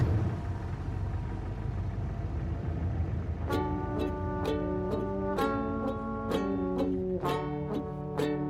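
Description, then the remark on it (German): A car engine idles while being warmed up, with a steady, low rumble throughout; after a few seconds, a series of rhythmic, pitched tonal notes joins over the continuous drone. “Lässt man wieder den Motor warm laufen.”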